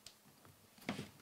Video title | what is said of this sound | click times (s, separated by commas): Hensel Porty 1200 Tutorial + Hypersync Set Up + Troubleshooting | just going to want to squeeze it slide it out and then to slide it back in it only goes one way and you'll hear that click once it's locked into place | 0.9 s